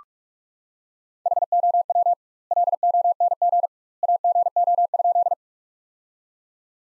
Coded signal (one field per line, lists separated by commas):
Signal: Morse code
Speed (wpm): 46 wpm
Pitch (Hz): 700 Hz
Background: none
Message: HOW LONG AGO?